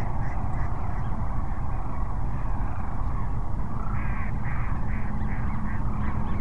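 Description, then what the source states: Sandhill cranes calling in a large chorus; in the second half, a run of clearer, evenly spaced trumpeting notes rises above the mass of rolling calls and low rumble. Several sandhill cranes at Cochise Lakes on 30 January 2019.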